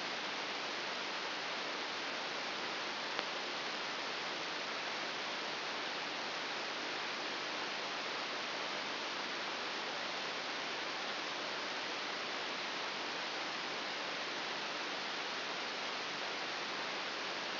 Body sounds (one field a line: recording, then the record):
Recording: brain microelectrode recording played as sound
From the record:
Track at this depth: inside the subthalamic nucleus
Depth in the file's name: 4.602 mm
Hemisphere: right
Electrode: 3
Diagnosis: Parkinson's disease